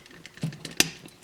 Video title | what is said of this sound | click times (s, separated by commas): Transformers MP-28 Masterpiece Hot Rodimus (Hot Rod) | And you heard it snap in there. | 0.8 s